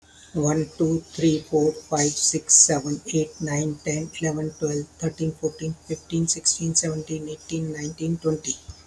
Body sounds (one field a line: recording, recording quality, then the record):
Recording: counting at a fast pace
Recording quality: excellent, no background noise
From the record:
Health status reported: healthy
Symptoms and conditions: diabetes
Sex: male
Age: 67 years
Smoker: not ticked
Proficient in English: yes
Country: India